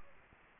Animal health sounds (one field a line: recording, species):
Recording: mosquito wingbeat signal from an infrared sensor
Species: Anopheles gambiae